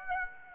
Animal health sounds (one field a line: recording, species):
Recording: mosquito wingbeat signal from an infrared sensor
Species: Aedes aegypti